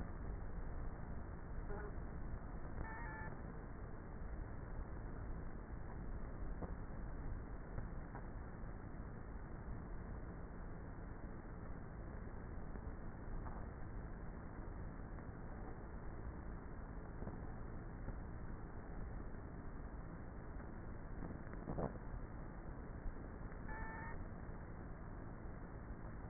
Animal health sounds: honeybee colony, microphone inside the hive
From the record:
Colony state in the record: queenless with a low population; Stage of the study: before two queens were removed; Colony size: about 30,000 bees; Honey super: no

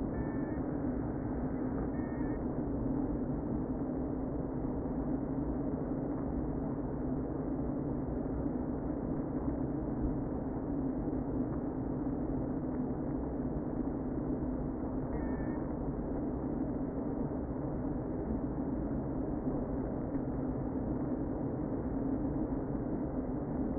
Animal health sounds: honeybee colony, microphone inside the hive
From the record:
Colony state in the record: queen present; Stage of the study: before two queens were removed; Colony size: about 60,000 bees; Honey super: yes

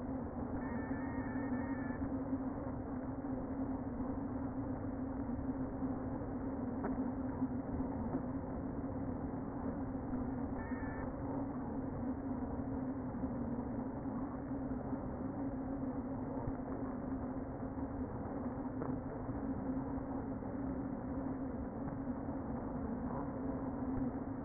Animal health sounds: honeybee colony, microphone inside the hive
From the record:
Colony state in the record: queen present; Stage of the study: before two queens were removed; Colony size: about 60,000 bees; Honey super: yes

